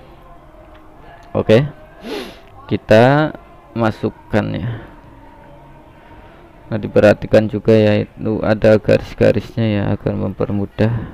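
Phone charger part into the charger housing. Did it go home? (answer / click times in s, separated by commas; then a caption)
no / none. A phone charger part is being lined up with the ridge marks on the charger housing before being pushed in, while someone talks throughout. Nothing has seated or clicked yet.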